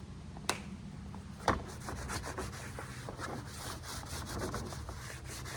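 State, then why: Seated. A plastic engine cover with rubber grommets is pressed down onto four mounting pins on the engine, giving two sharp snaps at 0.5 s and 1.5 s amid ongoing rubbing and scraping as it is positioned. The cover is seated on its pins.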